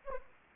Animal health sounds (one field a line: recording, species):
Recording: mosquito wingbeat signal from an infrared sensor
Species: Anopheles gambiae